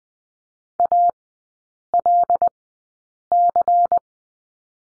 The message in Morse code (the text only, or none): ALC